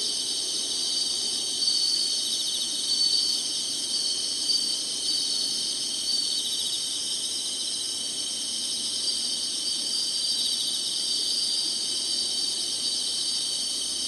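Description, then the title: Insects buzz and trill in a dense, high, even wash of sound. Singing, in summer. "SINGING INSECTS SUMMER"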